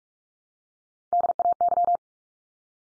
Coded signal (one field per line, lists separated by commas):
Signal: Morse code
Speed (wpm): 44 wpm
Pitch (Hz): 700 Hz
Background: none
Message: DAY